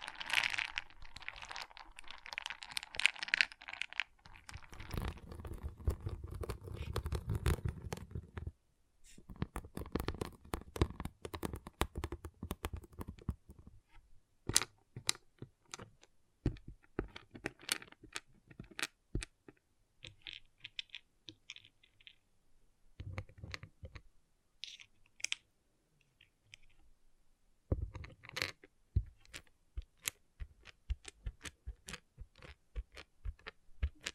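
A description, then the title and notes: Pixel art beads rattle and click, with dense pouring and shuffling early on, then scattered sharp taps and small clusters of clicks. ASMR Relaxing Pixel Art Beads ( No Talking).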